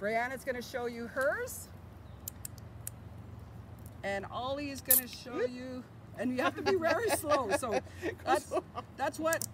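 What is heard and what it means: A plastic zip tie, woven with netting around a model dip net hoop, has its tail threaded through its locking box and pulled until it ratchets closed. Sharp clicks are heard at 2.3, 2.5 and 2.9 seconds. Someone talks before and after.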